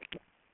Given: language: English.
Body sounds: throat vibration sensor signal played as sound; swallow

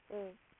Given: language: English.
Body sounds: throat vibration sensor signal played as sound; speech

